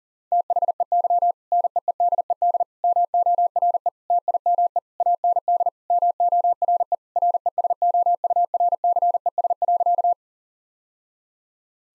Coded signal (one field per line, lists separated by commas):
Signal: Morse code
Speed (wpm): 40 wpm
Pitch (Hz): 700 Hz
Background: none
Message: THEY NEEDED MORE TIME AND MORE RESOURCES.